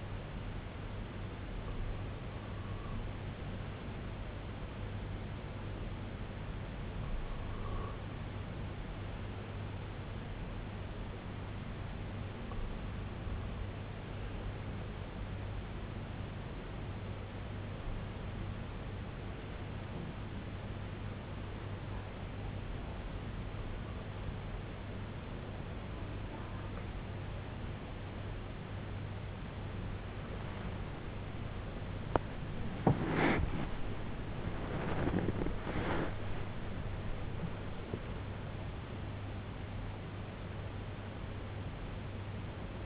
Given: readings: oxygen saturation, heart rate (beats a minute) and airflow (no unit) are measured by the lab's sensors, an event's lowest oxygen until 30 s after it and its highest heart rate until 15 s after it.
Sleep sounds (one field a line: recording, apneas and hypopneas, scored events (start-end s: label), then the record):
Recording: breathing in sleep by a voice recorder at the bedside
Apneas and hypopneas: 1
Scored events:
18.00-35.20 s: hypopnea (REM, oxygen 97% highest, then 96% lowest, heart rate 70 at the start, 91 highest)
21.00-42.86 s: new sleep stage, N1 (lightest sleep)
From the record:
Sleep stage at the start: REM sleep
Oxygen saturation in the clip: 95 to 97%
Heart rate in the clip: 62 to 91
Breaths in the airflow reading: 7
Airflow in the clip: -9.6 to 14.1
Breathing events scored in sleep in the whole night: 258 in 7.4 hours asleep